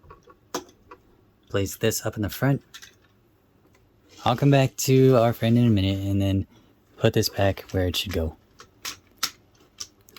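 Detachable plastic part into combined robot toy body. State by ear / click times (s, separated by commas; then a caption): seated / 9.8 s. A detachable plastic part is put back onto a combined robot toy (zord) body and pressed into place while someone talks. Small handling clicks and taps are heard throughout, and the part clicks into place with a sharp click at 9.8 s, seated.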